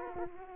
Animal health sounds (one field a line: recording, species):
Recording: mosquito wingbeat signal from an infrared sensor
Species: Aedes aegypti